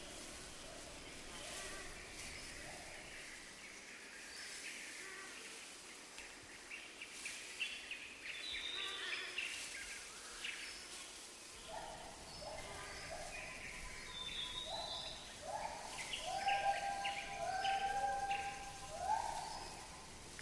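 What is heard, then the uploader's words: Jungle ambience of birds singing in short repeated calls and chirps, thickening after the midpoint, over a steady hiss of insects and rustling. Mysterious jungle ambience.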